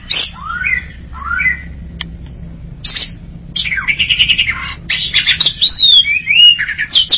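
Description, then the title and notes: Greater green leafbird song opening with two rising whistles, then a dense chattering phrase of buzzy notes and a clear looping whistle near the end. Champion singer, chirping song. "Kicau Burung Cucak Ijo Juara. Suara kicauan burung cucak ijo"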